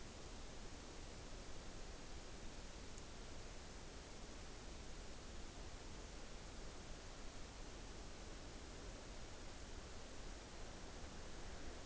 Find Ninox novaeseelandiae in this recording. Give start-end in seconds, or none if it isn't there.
none